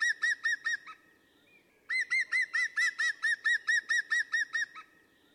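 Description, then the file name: European green woodpecker giving a short run of ringing notes, a pause, then a longer laughing series of many evenly spaced notes. "Grünspecht"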